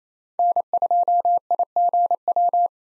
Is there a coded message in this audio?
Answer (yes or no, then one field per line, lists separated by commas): yes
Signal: Morse code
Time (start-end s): 0.4-2.7 s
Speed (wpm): 28 wpm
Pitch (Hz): 700 Hz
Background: none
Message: N2IGW